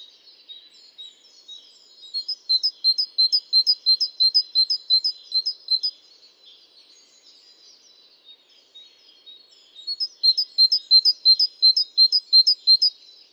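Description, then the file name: Great tit calling in two bursts of high, crisp paired notes repeated about three per second, separated by a few seconds of soft twittering. "Parus major"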